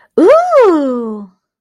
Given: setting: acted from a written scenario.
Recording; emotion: vocal sound without words; interest